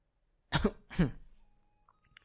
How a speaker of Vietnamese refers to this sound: Đại Kim Bằng Vương ho khan hai tiếng